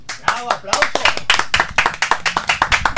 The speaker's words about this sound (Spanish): Aplausos.